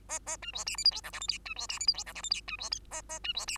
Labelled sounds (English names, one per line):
Bengalese Finch song